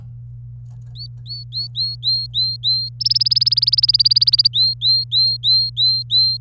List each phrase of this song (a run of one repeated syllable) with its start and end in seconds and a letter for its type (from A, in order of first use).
0.95-2.89 A, 3.00-4.47 B, 4.53-6.37 A